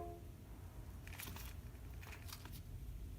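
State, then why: Not seated. A battery clip is handled against a 3D-printed plastic holder on a VR headstrap, making short bursts of scraping, rustling contact noise around 1.1–1.5 s and 2.0–2.6 s over a low background rumble. The clip has not yet gone into the holder: nothing has seated or clicked yet.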